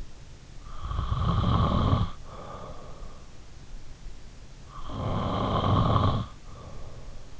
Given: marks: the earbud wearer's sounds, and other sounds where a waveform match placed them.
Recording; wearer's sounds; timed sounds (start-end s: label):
sounds in sleep by an in-ear microphone; snoring breath
0.48-3.29 s: snoring breath
4.37-7.40 s: snoring breath